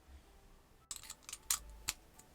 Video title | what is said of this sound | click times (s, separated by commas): COMMENT TRANSFÉRER LES PHOTOS DE SON TÉLÉPHONE SUR UNE CLÉ USB (SANS ORDINATEUR) | Voilà, vous avez entendu un petit clic, c'est parfait. | 1.5 s